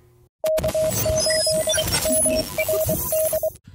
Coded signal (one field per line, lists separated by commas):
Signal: Morse code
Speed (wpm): 24 wpm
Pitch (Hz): 630 Hz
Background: none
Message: K8MRD